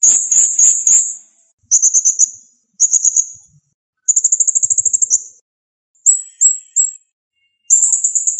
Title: Masteran Burung Serindit Ll Masteran Serindit Gacor Jernih